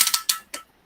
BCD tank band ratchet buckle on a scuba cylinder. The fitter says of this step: you can hear it clicking i close it